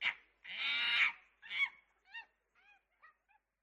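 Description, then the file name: Monkey screams: a short shriek, then a long harsh, noisy shriek followed by a hoarse cry, then a string of short, soft harmonic chirps that grow fainter and fainter. "صوت-القرد"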